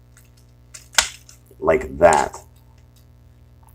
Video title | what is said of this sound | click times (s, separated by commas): Zeta Toys Catapult Review | kind of snap into place and that will allow you to close this back up then | 1.0 s